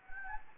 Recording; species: mosquito wingbeat signal from an infrared sensor; Anopheles gambiae